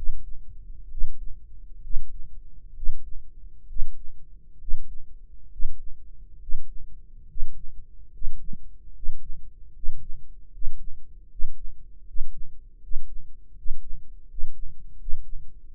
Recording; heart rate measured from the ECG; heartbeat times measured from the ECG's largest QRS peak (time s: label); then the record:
heart sounds by microphone in the right ear; 73 bpm
0.90 s: heartbeat
1.82 s: heartbeat
2.75 s: heartbeat
3.68 s: heartbeat
4.59 s: heartbeat
5.51 s: heartbeat
6.40 s: heartbeat
7.28 s: heartbeat
8.12 s: heartbeat
8.94 s: heartbeat
9.74 s: heartbeat
10.52 s: heartbeat
11.29 s: heartbeat
12.06 s: heartbeat
12.81 s: heartbeat
13.56 s: heartbeat
14.28 s: heartbeat
14.98 s: heartbeat
15.65 s: heartbeat
From the record:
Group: healthy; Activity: breath hold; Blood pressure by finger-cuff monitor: 148/95 mmHg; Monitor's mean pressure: 107 mmHg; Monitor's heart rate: 73 bpm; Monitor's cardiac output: 6.8 L/min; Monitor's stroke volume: 94 mL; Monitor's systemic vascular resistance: 1180 dyn s/cm5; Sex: male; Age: 23 years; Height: 179 cm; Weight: 87 kg